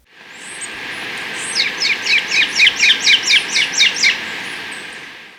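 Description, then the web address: Great thrush calling, a quick run of many sharp, downward-slurred notes delivered at an even pace over a steady background hiss. South America; Ecuador. "S America Birds of Ecuador. Great Thrush"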